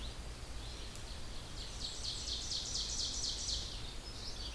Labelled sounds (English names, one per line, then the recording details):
Ovenbird song
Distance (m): 70 m
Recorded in boreal forest in Alberta, Canada, on 16 June 2016 at 06:34
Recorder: SongMeter 3, array SBT-3-32
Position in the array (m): 163 m, 33 m
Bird 36